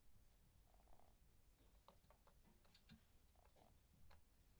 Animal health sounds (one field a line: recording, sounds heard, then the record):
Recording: poultry house recording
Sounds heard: sick chickens (respiratory disease)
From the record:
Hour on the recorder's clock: 22